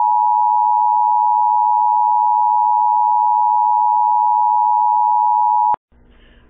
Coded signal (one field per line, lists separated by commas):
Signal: Emergency Alert System (SAME) tones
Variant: 853 and 960 Hz attention tone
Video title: You're a Mean One, Mr Colorado (EAS #14345-14361) 12/19-20/23